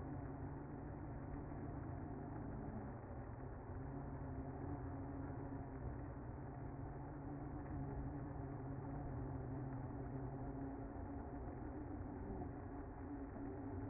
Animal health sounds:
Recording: honeybee colony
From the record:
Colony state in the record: active

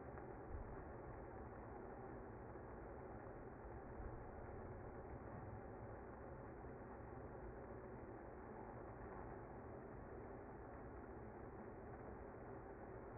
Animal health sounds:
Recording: honeybee colony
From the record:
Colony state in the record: active

